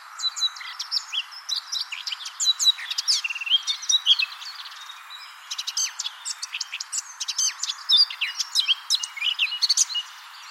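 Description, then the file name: Eurasian blackcap song: busy warbling of rapid, varied chirps and whistles almost throughout, with a brief lull near the middle, over faint background hiss. "Sylvia atricapilla"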